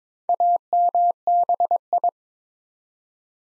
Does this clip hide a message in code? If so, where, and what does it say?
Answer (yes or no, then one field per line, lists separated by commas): yes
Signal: Morse code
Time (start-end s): 0.3-2.1 s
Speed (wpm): 22 wpm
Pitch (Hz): 700 Hz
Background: none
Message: AMBI